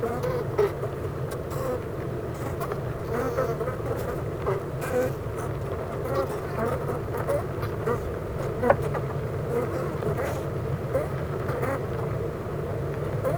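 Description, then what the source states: Honey bees droning in a hive, a constant buzz broken by scattered sharp clicks and one louder tap. Honey bee hive at Clara Vale, Gateshead, UK.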